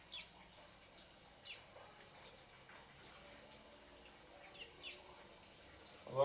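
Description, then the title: Double-collared seedeater giving short, sharp, very high chip notes, a few spaced single notes against a quiet hiss. "Canto Coleiro"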